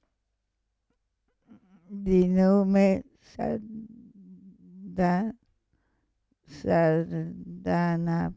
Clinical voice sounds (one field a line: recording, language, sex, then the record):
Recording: read passage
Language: Italian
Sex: female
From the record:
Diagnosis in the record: Parkinson's disease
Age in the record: 65 years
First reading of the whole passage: 242 s, 2.1 characters per second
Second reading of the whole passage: 180 s, 2.9 characters per second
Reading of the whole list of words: 168 s, 1.7 characters per second